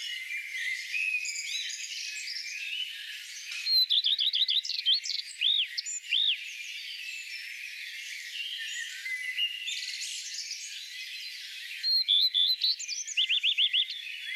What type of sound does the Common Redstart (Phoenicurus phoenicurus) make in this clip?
song